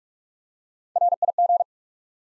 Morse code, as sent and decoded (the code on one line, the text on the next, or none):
.-. .. --.
RIG